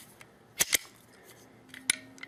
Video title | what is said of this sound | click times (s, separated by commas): Kel Tec PF9 | you got to fit just fiddle with the barrel as you're pushing the pin until till it snaps in place | 1.9 s